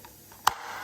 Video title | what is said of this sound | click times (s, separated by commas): Audi A4 2.0 TDI B7 Engine Service | to just click into place. | 0.5 s